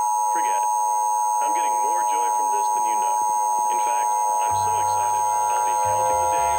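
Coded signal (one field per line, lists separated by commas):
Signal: Emergency Alert System (SAME) tones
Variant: 853 and 960 Hz attention tone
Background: speech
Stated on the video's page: Fictional EAS scenario made with EAS Encoder software.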